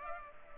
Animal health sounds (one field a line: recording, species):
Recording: mosquito wingbeat signal from an infrared sensor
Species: Culex pipiens